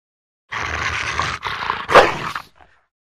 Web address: rottweiler